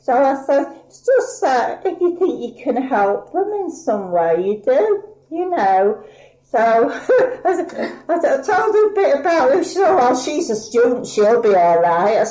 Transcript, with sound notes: So I said it's just that if you think you can help them in some way you do, you know. So [laughs] I tell them a bit about it. She says, oh well she's a student, she'll be all right.